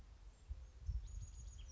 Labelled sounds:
Chestnut-backed Chickadee (Poecile rufescens)
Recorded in Sonoma County, California

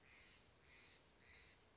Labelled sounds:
Steller's Jay (Cyanocitta stelleri)
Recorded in Sonoma County, California

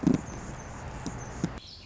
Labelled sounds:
Anna's Hummingbird (Calypte anna)
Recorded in Sonoma County, California

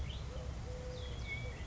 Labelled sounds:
Eurasian Collared Dove (Streptopelia decaocto)
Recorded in Sonoma County, California

